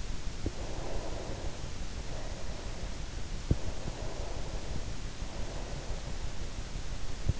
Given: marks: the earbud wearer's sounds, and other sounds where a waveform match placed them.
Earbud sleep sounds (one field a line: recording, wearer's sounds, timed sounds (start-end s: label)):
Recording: sounds in sleep by an in-ear microphone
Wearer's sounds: breath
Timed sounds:
0.52-2.98 s: breath
3.89-6.10 s: breath